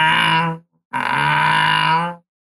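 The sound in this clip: American bullfrog calls: two deep, droning, resonant notes with a brief gap between, the second lasting over a second.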